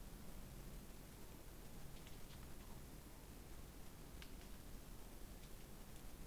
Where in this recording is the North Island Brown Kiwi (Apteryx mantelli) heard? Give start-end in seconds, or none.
none